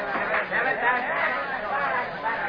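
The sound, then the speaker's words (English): A steady wash of crowd chatter from a typical New York Sunday crowd at the third base field boxes of a jammed ballpark, watching fielding practice; many overlapping voices blend into a continuous babble at a moderate, even level with no single voice standing out. “A typical New York Sunday crowd is watching fielding practice.”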